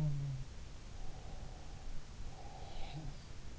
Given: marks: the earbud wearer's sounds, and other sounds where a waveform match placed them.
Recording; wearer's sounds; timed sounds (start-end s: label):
sounds in sleep by an in-ear microphone; breath
0.00-0.50 s: sound from someone else or the room
0.91-3.11 s: breath
2.78-3.29 s: sound from someone else or the room